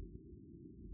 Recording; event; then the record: neck accelerometer signal played as sound; no cough (speech, laughter, throat clearing or background)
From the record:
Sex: female